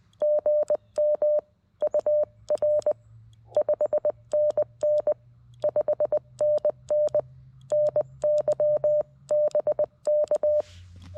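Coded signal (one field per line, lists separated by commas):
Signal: Morse code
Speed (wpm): 20 wpm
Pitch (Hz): 600 Hz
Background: none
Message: GM UR 5NN 5NN NY BK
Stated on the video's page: Morse from a POTA park activation at K-5221 on a portable radio, after a firmware update improved its CW.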